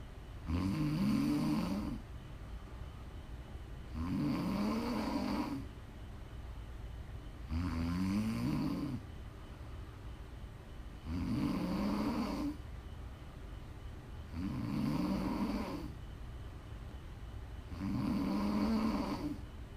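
Regular snoring from an adult woman asleep: six loud rattling snores at about 17 per minute, with quiet breaths between them.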